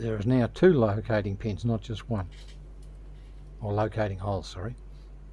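A plastic part of a 1/35 scale Panzerkampfwagen IV Ausf G model tank kit is handled over its two locating pins and holes while someone talks. Nothing has seated or clicked yet.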